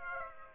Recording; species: mosquito wingbeat signal from an infrared sensor; Aedes aegypti